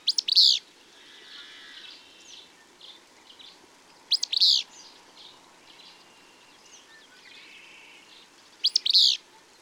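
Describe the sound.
Bird song: loud, high chirp bursts recur roughly every four seconds over soft background twittering.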